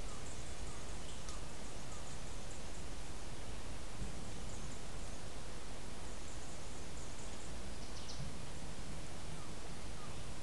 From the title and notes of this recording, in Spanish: Escucha el sonido ambiental del Bosque de encino-pino.